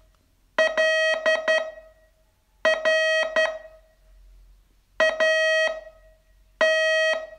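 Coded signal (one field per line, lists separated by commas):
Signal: Morse code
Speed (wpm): 12 wpm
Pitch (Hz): 640 Hz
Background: none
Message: LR AT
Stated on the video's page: Morse code training lesson, day 27 of a 42-day course.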